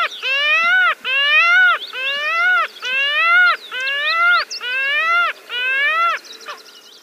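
Parasitic jaeger wailing calls, a series of seven nasal, harmonic, mewing notes, each rising then dipping, repeated about once per second with faint higher calls behind.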